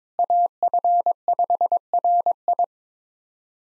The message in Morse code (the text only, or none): AF5RI